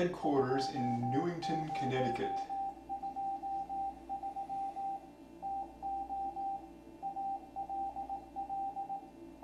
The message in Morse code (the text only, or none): 2023 TO ALL